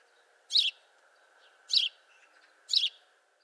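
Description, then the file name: House sparrow giving three loud, harsh chirps a little over a second apart, with a faint steady hum underneath. "Passer domesticus"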